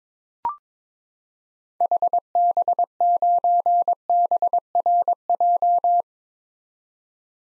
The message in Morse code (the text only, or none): HB9BRJ